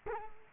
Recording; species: mosquito wingbeat signal from an infrared sensor; Culex quinquefasciatus